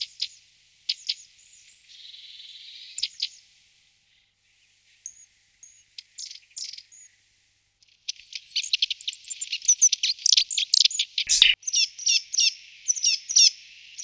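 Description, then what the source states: Bird song in bursts: scattered high notes and a buzzy trill, a pause, a few thin notes, then a long run of rapid high chips and twitters. A song unit.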